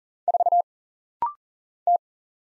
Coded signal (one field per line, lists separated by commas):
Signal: Morse code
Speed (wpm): 40 wpm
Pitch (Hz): 700 Hz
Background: none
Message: 4 T